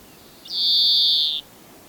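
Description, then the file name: European greenfinch calling with a single long, flat, nasal wheeze that starts with a brief lower flick and holds level for nearly a second. "Chloris chloris"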